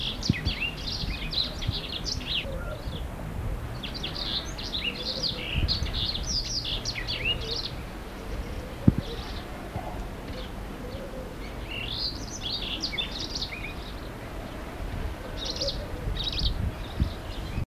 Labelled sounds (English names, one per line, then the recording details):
Yellow Canary song
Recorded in the wild
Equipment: Halbspur, 9,5 cm/s
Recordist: Lütgens, Hans
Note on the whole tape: Gesang